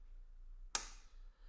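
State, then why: Seated. The saw head of a sliding compound miter saw is tilted on its bevel across the 90° position, and the spring detent in the bevel mechanism gives one sharp metal-on-metal click at 0.8 s as it passes the 90° stop. A brief bright ring decays after the click over a faint low hum. The detent seats at 90°.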